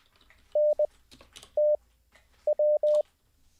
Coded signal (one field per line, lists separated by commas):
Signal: Morse code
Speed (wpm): 20 wpm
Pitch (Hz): 600 Hz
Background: none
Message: NTW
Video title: How To Learn Morse Code LIVE with N0SSC (Day 4)